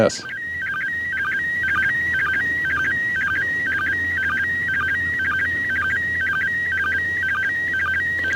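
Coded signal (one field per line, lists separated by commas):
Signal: SSTV (slow-scan television)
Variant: PD 120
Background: speech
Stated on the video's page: Live ISS SSTV pass on the 2 m downlink received with a handheld radio and a tri-band antenna.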